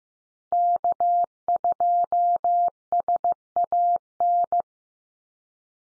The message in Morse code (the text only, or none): K2SAN